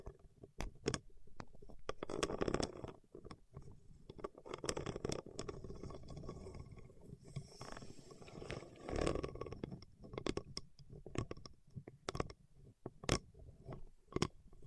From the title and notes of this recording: ASMR with Wax Fingertips for Sleep (No Talking).